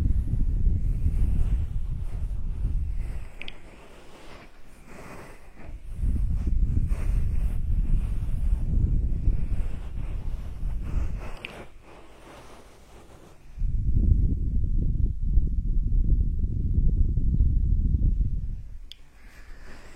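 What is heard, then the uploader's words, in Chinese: A hand massage, heard as deep, muffled rubbing that swells in long strokes of about three to five seconds with short quieter pauses between. A few faint bright clicks or creaks come through around the quieter moments. 手部按摩4（声控助眠）。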